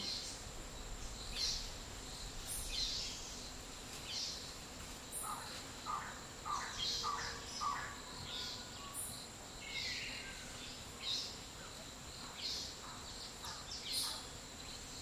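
Midday ambience in a Costa Rican dry forest, with a steady high insect whine running throughout. Short bird chirps and calls break in every second or so, some bright and sharp, some lower. A low rumbling hum sits underneath the whole time.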